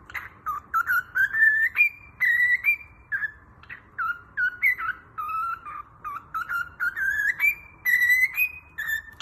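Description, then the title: Cockatiel whistling in a continuous chain of rising slurred notes, each phrase climbing in pitch before repeating. Several cockatiels, whistling. "Calopsitas Cantando Assobio"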